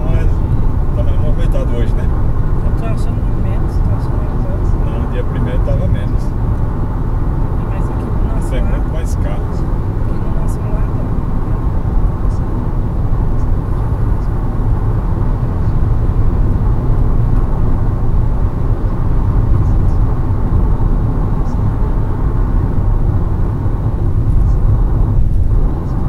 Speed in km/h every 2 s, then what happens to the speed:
142, 143, 143, 140, 139, 141, 144, 148, 149, 146, 142, 139, 138.
0-8 steady at about 142. 8-16 speeds up to 149. 16-26 slows to 138.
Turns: none.